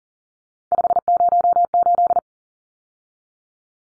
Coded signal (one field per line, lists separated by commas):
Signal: Morse code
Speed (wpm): 40 wpm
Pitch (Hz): 700 Hz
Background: none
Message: 508